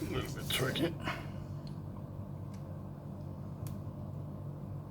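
During reassembly of a Sony TC-KA3ES cassette deck's TCM-200 tape transport mechanism, a small plastic part is handled and pressed toward its position. Someone talks briefly at the start, then two faint, short ticks come at about 1.7 s and 3.7 s over a low steady hum. Nothing has seated or clicked into place yet.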